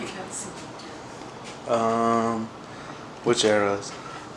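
A lid is being handled on an electric pressure cooker pot while someone talks, with two short voiced stretches over quiet background noise. Nothing has seated or clicked yet; the lid is not yet locked in place.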